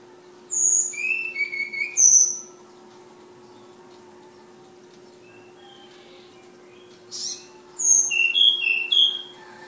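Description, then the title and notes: Flowerpecker song: two bursts of high, thin, rapidly varied whistled notes separated by a long quiet pause, with a steady low hum. Tledekan/sulingan bird called Ababil, from Kudus. "Tledekan/Sulingan ABABIL. Suara Burung Tledekan Ababil dari Kudus"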